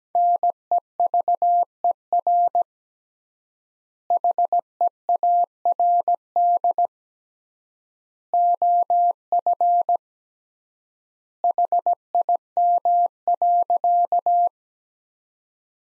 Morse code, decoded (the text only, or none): NEVER HEARD OF HIM.